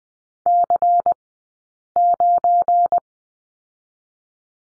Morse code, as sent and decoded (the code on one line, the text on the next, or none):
-.-. ----.
C9